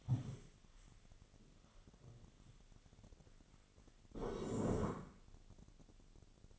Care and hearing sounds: daily activity, microphone in the room; stand up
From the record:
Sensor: 4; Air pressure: 1001.2 hPa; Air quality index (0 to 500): 180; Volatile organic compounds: 2 ppm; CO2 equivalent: 1292 ppm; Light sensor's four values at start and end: 14/32/13/13 and 14/32/13/13

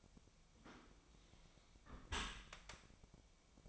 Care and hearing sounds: daily activity, microphone in the room; close dishwasher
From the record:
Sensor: 1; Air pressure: 1003.1 hPa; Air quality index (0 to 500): 195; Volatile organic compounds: 6 ppm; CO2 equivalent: 1865 ppm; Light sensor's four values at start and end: 18/45/19/22 and 18/45/19/22

